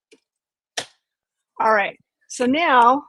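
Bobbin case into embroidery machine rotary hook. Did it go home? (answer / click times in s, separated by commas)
yes / 0.8 s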